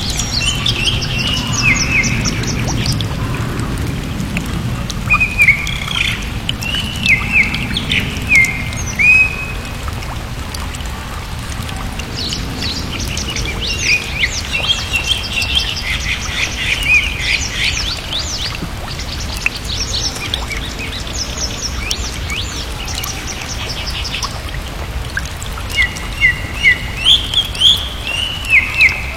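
Birds chirp and trill almost constantly over a steady patter of rain, their calls bright and clustered, busiest from about 12 to 20 seconds. A low rumble like a passing aircraft hangs underneath for the first nine seconds, then fades.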